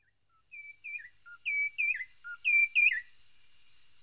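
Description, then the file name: White-browed robin-chat song: a few looping whistled phrases in pairs, louder toward the middle, against a continuous high insect buzz. "Cossyphe-d Heuglin-Cossypha-heuglini-White-Browed-robin-chat-Weissbrauenrotel"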